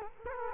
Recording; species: mosquito wingbeat signal from an infrared sensor; Culex quinquefasciatus